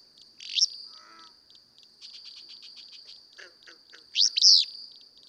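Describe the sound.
Willow flycatcher song: two sharp, buzzy, sneezy phrases at the start and end, over a steady high insect-like whine and softer lower chatter between.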